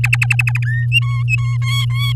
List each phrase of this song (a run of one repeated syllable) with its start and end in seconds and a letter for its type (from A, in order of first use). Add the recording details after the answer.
0.04-0.59 A, 0.66-0.86 B, 0.91-1.57 C, 1.62-2.12 D. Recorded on 9 May 2018 at 06:17. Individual llb16